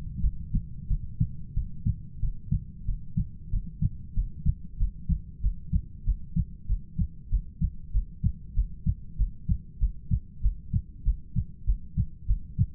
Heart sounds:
heart sounds by stethoscope; 95 bpm
0.22 s: heartbeat
0.89 s: heartbeat
1.55 s: heartbeat
2.21 s: heartbeat
2.86 s: heartbeat
3.51 s: heartbeat
4.15 s: heartbeat
4.78 s: heartbeat
5.41 s: heartbeat
6.05 s: heartbeat
6.67 s: heartbeat
7.30 s: heartbeat
7.92 s: heartbeat
8.54 s: heartbeat
9.17 s: heartbeat
9.79 s: heartbeat
10.41 s: heartbeat
11.03 s: heartbeat
11.65 s: heartbeat
12.26 s: heartbeat
From the record:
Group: heart failure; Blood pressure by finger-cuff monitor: 85/63 mmHg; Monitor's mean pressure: 69 mmHg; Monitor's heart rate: 93 bpm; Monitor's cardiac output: 6.9 L/min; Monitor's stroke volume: 74 mL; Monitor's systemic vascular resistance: 750 dyn s/cm5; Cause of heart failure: ischemic heart disease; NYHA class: 1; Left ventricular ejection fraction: 38%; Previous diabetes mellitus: present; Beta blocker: bisoprolol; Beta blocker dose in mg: 15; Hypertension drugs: sacubitril-valsartan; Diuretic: furosemide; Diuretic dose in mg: 20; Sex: male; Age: 33 years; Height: 172 cm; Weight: 78.5 kg

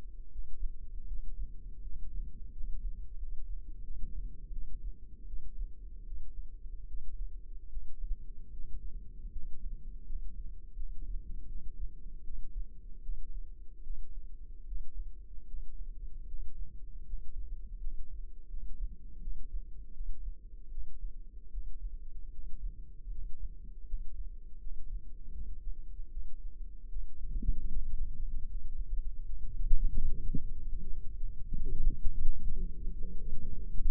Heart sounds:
heart sounds by microphone in the left ear; 79 bpm
0.29 s: heartbeat
1.05 s: heartbeat
1.80 s: heartbeat
2.50 s: heartbeat
3.15 s: heartbeat
3.81 s: heartbeat
4.50 s: heartbeat
5.24 s: heartbeat
6.03 s: heartbeat
6.85 s: heartbeat
7.67 s: heartbeat
8.50 s: heartbeat
9.29 s: heartbeat
10.03 s: heartbeat
10.73 s: heartbeat
11.45 s: heartbeat
12.22 s: heartbeat
13.00 s: heartbeat
13.81 s: heartbeat
14.63 s: heartbeat
15.44 s: heartbeat
16.24 s: heartbeat
17.03 s: heartbeat
17.77 s: heartbeat
18.47 s: heartbeat
19.18 s: heartbeat
19.91 s: heartbeat
20.68 s: heartbeat
21.48 s: heartbeat
22.29 s: heartbeat
23.08 s: heartbeat
23.83 s: heartbeat
24.57 s: heartbeat
25.31 s: heartbeat
26.08 s: heartbeat
26.87 s: heartbeat
27.66 s: heartbeat
28.45 s: heartbeat
29.23 s: heartbeat
30.01 s: heartbeat
30.77 s: heartbeat
31.51 s: heartbeat
32.23 s: heartbeat
32.96 s: heartbeat
33.71 s: heartbeat
From the record:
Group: healthy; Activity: rest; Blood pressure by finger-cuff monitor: 97/56 mmHg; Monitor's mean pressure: 69 mmHg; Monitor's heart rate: 78 bpm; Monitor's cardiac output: 6.8 L/min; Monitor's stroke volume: 86 mL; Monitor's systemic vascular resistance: 710 dyn s/cm5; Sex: female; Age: 26 years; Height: 165 cm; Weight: 55 kg

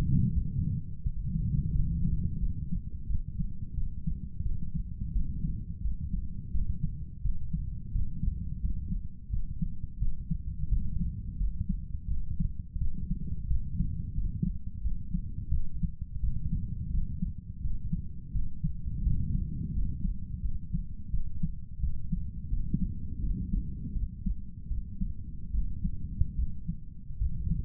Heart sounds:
heart sounds by stethoscope; 85 bpm
0.34 s: heartbeat
1.03 s: heartbeat
1.73 s: heartbeat
2.40 s: heartbeat
3.07 s: heartbeat
3.75 s: heartbeat
4.43 s: heartbeat
5.13 s: heartbeat
5.82 s: heartbeat
6.52 s: heartbeat
7.22 s: heartbeat
7.92 s: heartbeat
8.61 s: heartbeat
9.30 s: heartbeat
9.99 s: heartbeat
10.69 s: heartbeat
11.38 s: heartbeat
12.08 s: heartbeat
12.78 s: heartbeat
13.48 s: heartbeat
14.15 s: heartbeat
14.82 s: heartbeat
15.51 s: heartbeat
16.21 s: heartbeat
16.91 s: heartbeat
17.61 s: heartbeat
18.32 s: heartbeat
19.04 s: heartbeat
19.73 s: heartbeat
20.42 s: heartbeat
21.11 s: heartbeat
21.80 s: heartbeat
22.50 s: heartbeat
23.21 s: heartbeat
23.93 s: heartbeat
24.68 s: heartbeat
25.52 s: heartbeat
26.36 s: heartbeat
27.18 s: heartbeat
From the record:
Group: healthy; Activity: cold pressor test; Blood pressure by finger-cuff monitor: 123/63 mmHg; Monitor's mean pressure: 80 mmHg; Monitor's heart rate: 86 bpm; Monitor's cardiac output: 8.9 L/min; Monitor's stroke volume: 102 mL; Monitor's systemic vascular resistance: 650 dyn s/cm5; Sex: male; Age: 35 years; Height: 180 cm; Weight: 86.9 kg

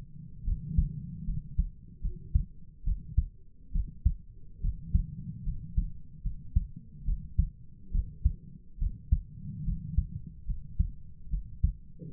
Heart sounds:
heart sounds by stethoscope; 72 bpm
0.45 s: heartbeat
1.26 s: heartbeat
2.02 s: heartbeat
2.85 s: heartbeat
3.73 s: heartbeat
4.62 s: heartbeat
5.45 s: heartbeat
6.23 s: heartbeat
7.06 s: heartbeat
7.92 s: heartbeat
8.79 s: heartbeat
9.65 s: heartbeat
10.47 s: heartbeat
11.31 s: heartbeat
From the record:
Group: healthy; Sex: female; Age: 22 years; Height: 160 cm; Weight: 63 kg

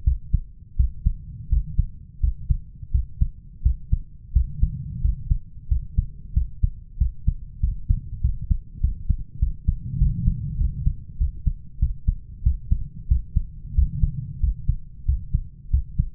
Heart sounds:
heart sounds by stethoscope; 92 bpm
0.06 s: heartbeat
0.78 s: heartbeat
1.51 s: heartbeat
2.22 s: heartbeat
2.93 s: heartbeat
3.65 s: heartbeat
4.35 s: heartbeat
5.03 s: heartbeat
5.70 s: heartbeat
6.36 s: heartbeat
7.00 s: heartbeat
7.62 s: heartbeat
8.23 s: heartbeat
8.83 s: heartbeat
9.41 s: heartbeat
10.01 s: heartbeat
10.60 s: heartbeat
11.20 s: heartbeat
11.81 s: heartbeat
12.45 s: heartbeat
13.10 s: heartbeat
13.77 s: heartbeat
14.42 s: heartbeat
15.07 s: heartbeat
15.72 s: heartbeat
From the record:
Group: healthy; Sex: male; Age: 21 years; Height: 175 cm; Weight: 72.6 kg

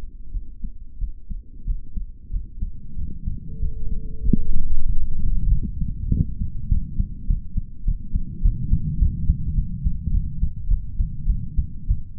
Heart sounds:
heart sounds by stethoscope; 99 bpm
0.31 s: heartbeat
0.98 s: heartbeat
1.65 s: heartbeat
2.31 s: heartbeat
2.96 s: heartbeat
3.59 s: heartbeat
4.23 s: heartbeat
4.86 s: heartbeat
5.49 s: heartbeat
6.09 s: heartbeat
6.68 s: heartbeat
7.27 s: heartbeat
7.84 s: heartbeat
8.42 s: heartbeat
8.98 s: heartbeat
9.55 s: heartbeat
10.11 s: heartbeat
10.68 s: heartbeat
11.27 s: heartbeat
11.88 s: heartbeat
From the record:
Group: healthy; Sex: male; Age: 33 years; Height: 179 cm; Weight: 80.4 kg

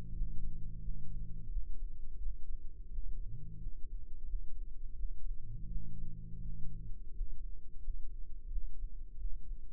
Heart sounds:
heart sounds by microphone in the right ear; 86 bpm
0.11 s: heartbeat
0.78 s: heartbeat
1.46 s: heartbeat
2.15 s: heartbeat
2.88 s: heartbeat
3.56 s: heartbeat
4.23 s: heartbeat
4.92 s: heartbeat
5.65 s: heartbeat
6.38 s: heartbeat
7.10 s: heartbeat
7.77 s: heartbeat
8.45 s: heartbeat
9.14 s: heartbeat
From the record:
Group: healthy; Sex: male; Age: 21 years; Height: 180 cm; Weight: 67.5 kg

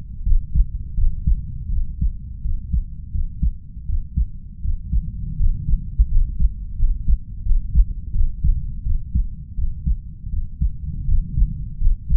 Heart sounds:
heart sounds by stethoscope; 83 bpm
0.23 s: heartbeat
0.94 s: heartbeat
1.69 s: heartbeat
2.41 s: heartbeat
3.11 s: heartbeat
3.86 s: heartbeat
4.61 s: heartbeat
5.36 s: heartbeat
6.08 s: heartbeat
6.76 s: heartbeat
7.42 s: heartbeat
8.11 s: heartbeat
8.82 s: heartbeat
9.55 s: heartbeat
10.29 s: heartbeat
11.05 s: heartbeat
11.78 s: heartbeat
From the record:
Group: healthy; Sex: female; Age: 32 years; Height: 168 cm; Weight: 61.9 kg

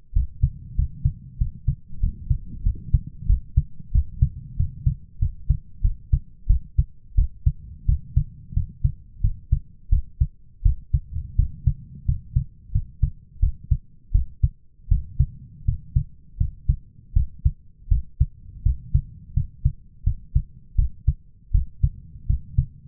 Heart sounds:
heart sounds by stethoscope; 87 bpm
0.13 s: heartbeat
0.76 s: heartbeat
1.38 s: heartbeat
2.00 s: heartbeat
2.63 s: heartbeat
3.26 s: heartbeat
3.92 s: heartbeat
4.56 s: heartbeat
5.19 s: heartbeat
5.82 s: heartbeat
6.47 s: heartbeat
7.15 s: heartbeat
7.86 s: heartbeat
8.54 s: heartbeat
9.21 s: heartbeat
9.90 s: heartbeat
10.63 s: heartbeat
11.36 s: heartbeat
12.05 s: heartbeat
12.72 s: heartbeat
13.40 s: heartbeat
14.12 s: heartbeat
14.88 s: heartbeat
15.65 s: heartbeat
16.37 s: heartbeat
17.13 s: heartbeat
17.88 s: heartbeat
18.63 s: heartbeat
19.34 s: heartbeat
20.04 s: heartbeat
20.76 s: heartbeat
21.51 s: heartbeat
22.27 s: heartbeat
From the record:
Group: healthy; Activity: rest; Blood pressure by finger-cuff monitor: 145/104 mmHg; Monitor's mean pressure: 117 mmHg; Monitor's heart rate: 88 bpm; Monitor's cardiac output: 7.4 L/min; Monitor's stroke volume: 84 mL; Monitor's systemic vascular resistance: 1190 dyn s/cm5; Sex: male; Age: 23 years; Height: 179 cm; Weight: 87 kg

